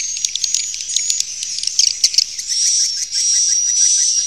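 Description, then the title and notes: Swiftlet chirping calls, high thin twitters in quick irregular bursts over a steady shimmering background of many overlapping high chirps. Swiftlet sound used in swiftlet farming in Asia. "Swiflet Bird Sound. Farming Swiflet Bird asia sound"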